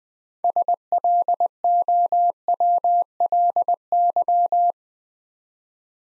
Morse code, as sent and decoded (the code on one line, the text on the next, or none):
... .-.. --- .-- .-.. -.--
SLOWLY